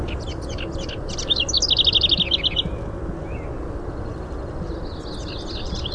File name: HOWR song